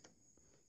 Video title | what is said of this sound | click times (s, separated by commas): Installing a loft light part 1 | push them down snap them into place then | 0.0 s